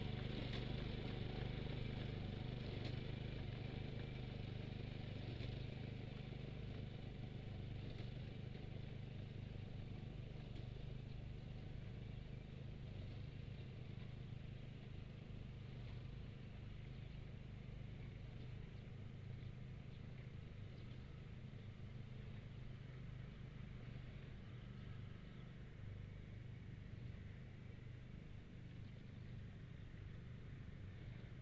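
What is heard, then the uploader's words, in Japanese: Rice being harvested with a binder and hung to dry. A small engine drones steadily the whole time, low and dense with a buzzing, rattling edge. Brief sharp clicks and ticks cut in now and then, mostly in the first half. 機械音あり バインダーで稲刈り、ハザ掛け。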